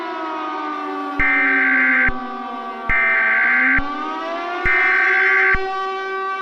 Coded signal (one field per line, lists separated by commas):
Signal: Emergency Alert System (SAME) tones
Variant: header bursts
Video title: EAS ASTEROID DOVŞAN